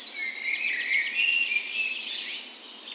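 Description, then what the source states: Birds (dawn chorus): birds in a brief burst of dawn chorus, a fast rattling trill overlapping with high whistles and chirps. Dawn chorus in a park west in Bergen, Norway, on the morning of 17 May, Norway's National Day, in full spring; Sony PCM A10 recorder with LOM micro Usi microphones as "tree ears".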